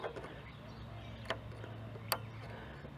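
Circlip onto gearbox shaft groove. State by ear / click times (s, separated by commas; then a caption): seated / 2.1 s. A metal circlip is pushed onto a steel shaft in the hi/lo gearbox of a 1981 Honda CT110 Trail small motorbike engine. A softer tap sounds at 1.3 seconds, then the circlip snaps into its groove with a sharp click at 2.1 seconds over a low background hum. It is then moved to check and is fully seated.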